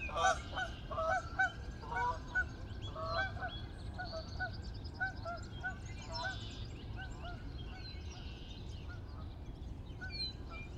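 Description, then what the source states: Goose: geese honking in a loose chorus of nasal calls, several birds calling over one another, with a steady low rumble underneath. Geese recorded in a flyby.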